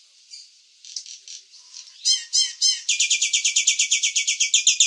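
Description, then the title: Nias hill myna giving soft scratchy notes that build into loud harsh chattering, then a fast run of buzzy pulses to the end. "burung jalak nias"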